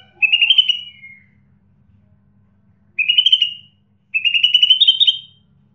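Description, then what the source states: Songbird giving three whistled trilled phrases, the last one longest and climbing slightly, separated by short silences. Chirping bird song compiled to train and tutor pet birds.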